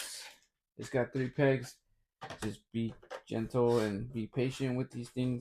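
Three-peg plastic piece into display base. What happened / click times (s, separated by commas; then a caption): Part handled but not yet seated; no click heard / none. Someone talks while handling a plastic piece with three pegs that is meant to be pressed firmly into a display base, with a short burst of handling noise at the start. Nothing has seated or clicked yet.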